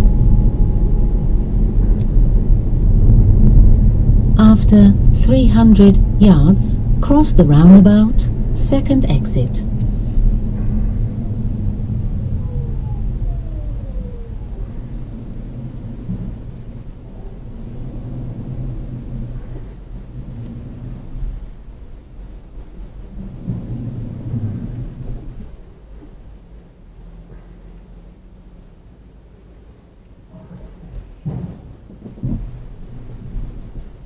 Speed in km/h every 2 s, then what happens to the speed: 29, 26, 23, 19, 19, 16, 8, 3, 2, 0, 0, 0, 0, 0, 0, 0, 0.
0-15 slows to 2. 15-34 standing.